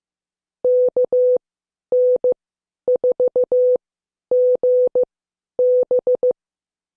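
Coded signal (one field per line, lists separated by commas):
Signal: Morse code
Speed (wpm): 15 wpm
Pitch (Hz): 500 Hz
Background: none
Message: KN4GB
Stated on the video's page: Morse code class lesson, tenth session.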